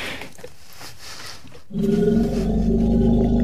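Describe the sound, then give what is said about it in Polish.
A deep, rumbling lion roar bursts in after a stretch of soft, hissy background noise and holds steady and loud, with a rough, low, growling tone to the end. “No a lwy? Jak jest z lwami?”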